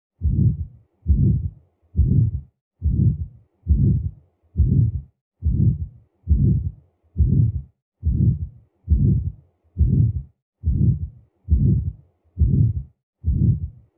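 Aortic stenosis murmur in an adult heart, heard by stethoscope: a regular series of low-pitched, harsh murmur bursts recurring about once a second.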